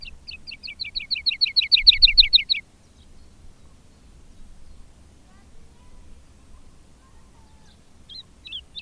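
Woodlark song: a fast run of rippling, fluty downslurred notes for about two and a half seconds, growing louder, then quiet with a few faint notes near the end.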